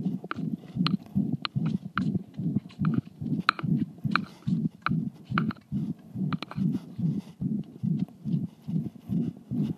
Heart Calf Systolic Murmur. Right.